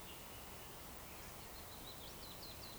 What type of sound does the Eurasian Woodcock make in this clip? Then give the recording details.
whistle. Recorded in Baden-Württemberg, Germany, on 12 June 2020 at 19:31 UTC. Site 43791, 788 m above sea level